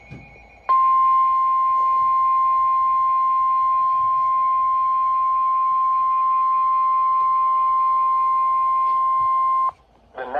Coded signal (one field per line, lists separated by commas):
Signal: Emergency Alert System (SAME) tones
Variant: 1050 Hz attention tone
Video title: Severe Thunderstorm Warning (EAS #435)